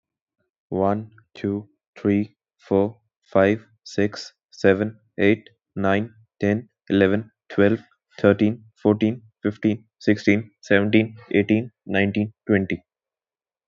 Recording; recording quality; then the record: counting at a normal pace; excellent, no background noise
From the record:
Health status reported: exposed to COVID-19, no respiratory illness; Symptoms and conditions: cold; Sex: male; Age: 22 years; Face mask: worn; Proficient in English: yes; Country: India